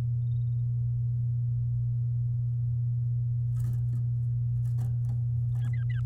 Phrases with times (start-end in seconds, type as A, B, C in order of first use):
5.61-6.00 A